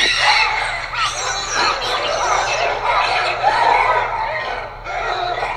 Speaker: So check this sound out of Japanese macaques.